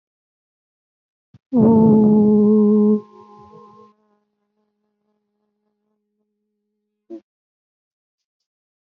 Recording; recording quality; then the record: sustained vowel as in boot; excellent, no background noise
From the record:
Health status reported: healthy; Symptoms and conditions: cough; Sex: female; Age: 47 years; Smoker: not ticked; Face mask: not worn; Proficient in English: yes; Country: India